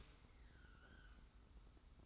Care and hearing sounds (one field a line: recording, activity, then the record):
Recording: daily activity, microphone in the room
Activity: open dishwasher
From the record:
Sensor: 3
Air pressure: 991.3 hPa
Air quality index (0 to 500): 135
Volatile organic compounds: 226 ppm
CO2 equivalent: 4294 ppm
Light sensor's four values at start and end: 51/139/57/50 and 51/139/57/50